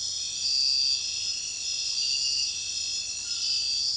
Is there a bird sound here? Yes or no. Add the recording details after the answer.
no. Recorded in secondary vegetation near Puerto Asís, Putumayo, Colombia, on 9 March 2025 at 02:30. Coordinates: 0.498, -76.327. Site G001